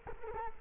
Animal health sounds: mosquito wingbeat signal from an infrared sensor; Culex quinquefasciatus

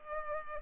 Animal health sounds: mosquito wingbeat signal from an infrared sensor; Culex pipiens

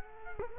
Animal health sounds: mosquito wingbeat signal from an infrared sensor; Culex quinquefasciatus

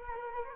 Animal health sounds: mosquito wingbeat signal from an infrared sensor; Culex quinquefasciatus

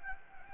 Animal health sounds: mosquito wingbeat signal from an infrared sensor; Anopheles gambiae

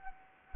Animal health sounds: mosquito wingbeat signal from an infrared sensor; Anopheles gambiae

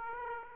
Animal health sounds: mosquito wingbeat signal from an infrared sensor; Aedes aegypti

